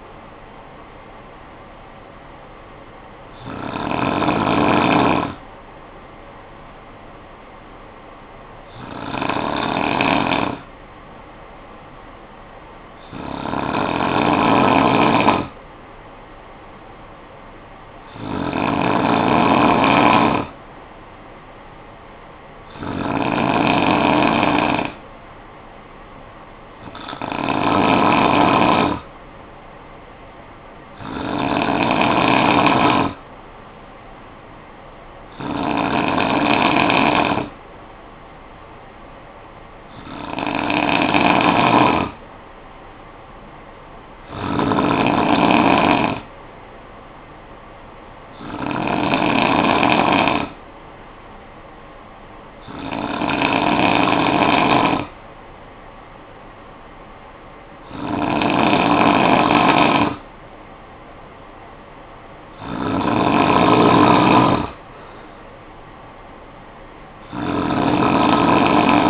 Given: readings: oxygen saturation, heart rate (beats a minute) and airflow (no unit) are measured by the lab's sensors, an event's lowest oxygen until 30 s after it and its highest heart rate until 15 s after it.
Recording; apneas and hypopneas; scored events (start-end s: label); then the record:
breathing in sleep by a voice recorder at the bedside; 1
5.00-19.40 s: hypopnea (N2, oxygen 97% highest, then 92% lowest, heart rate 53 at the start, 58 highest)
From the record:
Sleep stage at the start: N2 (light sleep); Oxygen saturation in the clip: 92 to 97%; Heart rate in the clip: 52 to 61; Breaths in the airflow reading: 14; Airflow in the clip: -8.8 to 5.3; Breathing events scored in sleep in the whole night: 445 in 7.6 hours asleep